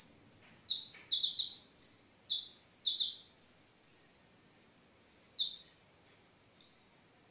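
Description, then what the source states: Sunbird gives quick, high, sharp notes that alternate between two pitches, then after a pause only two single notes. Mountain sunbird, described as a champion songbird.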